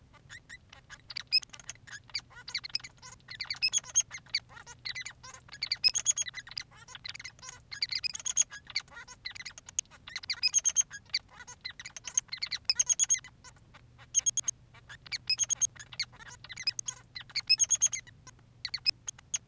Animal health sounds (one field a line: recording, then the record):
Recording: song of a male Bengalese finch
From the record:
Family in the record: son of father 3